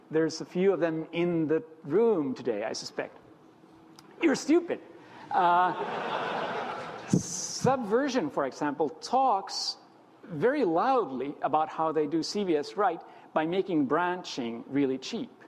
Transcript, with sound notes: There are a few of them in the room today, I suspect. You are stupid. [laughter] Subversion for example, talks very loudly about how they do CVS right by making branching really cheap.